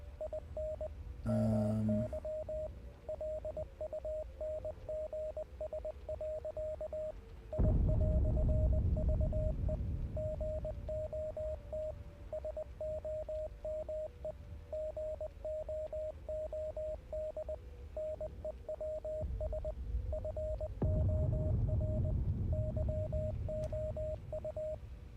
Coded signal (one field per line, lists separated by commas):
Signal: Morse code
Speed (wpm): 20 wpm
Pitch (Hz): 620 Hz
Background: radio noise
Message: IN MY LUNGS. I"VE GOT SOME GOOD NEWS FOR YOU